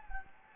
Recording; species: mosquito wingbeat signal from an infrared sensor; Anopheles gambiae